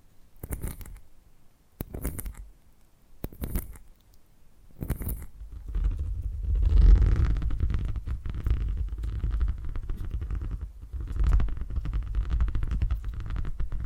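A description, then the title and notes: Purring, starting with four short breathy puffs about every second and a half over a quiet low hum. Around six seconds a steady, deep rumbling purr takes over and continues to the end, swelling slightly near seven and eleven seconds. Purring Triggers.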